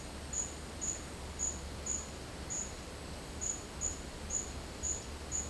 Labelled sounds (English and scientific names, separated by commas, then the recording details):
none
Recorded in dense forest near Puerto Asís, Putumayo, Colombia, on 24 March 2025 at 10:30
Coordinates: 0.500, -76.322
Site GP06